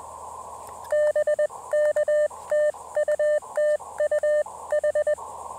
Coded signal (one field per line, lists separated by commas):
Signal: Morse code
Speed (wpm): 20 wpm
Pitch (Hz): 600 Hz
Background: none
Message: BK TU TU H